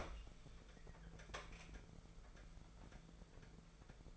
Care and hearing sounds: daily activity, microphone in the room; open fridge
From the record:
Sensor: 5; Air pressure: 1015.0 hPa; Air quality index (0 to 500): 181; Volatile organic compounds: 7 ppm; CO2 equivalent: 1995 ppm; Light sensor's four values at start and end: 46/108/45/46 and 50/115/48/51

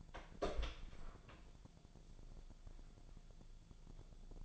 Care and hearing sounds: daily activity, microphone in the room; open door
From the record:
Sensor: 5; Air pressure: 1000.6 hPa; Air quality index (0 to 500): 158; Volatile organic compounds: 2 ppm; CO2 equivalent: 1218 ppm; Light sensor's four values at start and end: 48/114/47/50 and 48/113/47/50

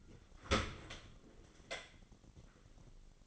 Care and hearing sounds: daily activity, microphone in the room; open dishwasher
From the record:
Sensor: 4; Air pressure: 1003.9 hPa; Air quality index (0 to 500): 147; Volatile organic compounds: 2 ppm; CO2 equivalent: 1053 ppm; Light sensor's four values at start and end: 18/43/18/19 and 19/45/19/20

